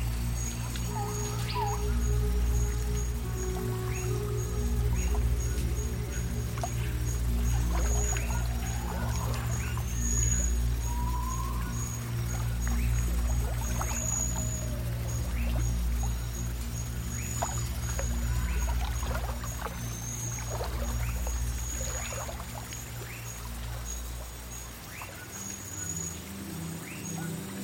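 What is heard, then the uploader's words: A jungle swamp ambience with a steady low rumble and hum underneath, and scattered watery drips and splashes throughout. Short chirps and whistles break through now and then, and a thin high insect-like tone persists across the whole stretch. Jungle swamp ambience. Quiet Ripples.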